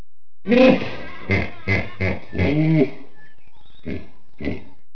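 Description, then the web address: Hippopotamus grunting call: a loud, deep opening grunt, then a run of short pulsing honks in quick bursts, with a brief pause before the last two. "webster. HIPPO"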